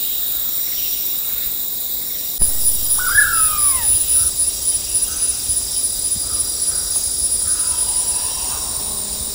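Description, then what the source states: Blue-headed pitta with a loud whistled note that bends down steeply, followed by a few faint softer notes, after a sharp knock, over continuous insect noise. Recorded at Danum on 9 August 2009.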